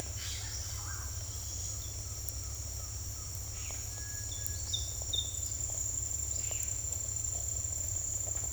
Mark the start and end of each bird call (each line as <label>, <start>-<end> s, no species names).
bird call, 0.19-0.43 s
bird call, 0.81-1.08 s
bird call, 2.01-3.63 s
bird call, 3.91-4.73 s